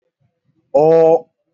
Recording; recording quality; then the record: sustained vowel as in boot; excellent, no background noise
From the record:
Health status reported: respiratory illness, not identified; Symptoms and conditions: none ticked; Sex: male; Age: 21 years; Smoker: not ticked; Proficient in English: yes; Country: India